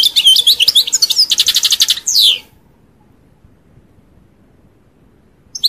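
European goldfinch: a loud rush of chirps and a rapid rattling trill ending in a downslurred whistle, then near silence.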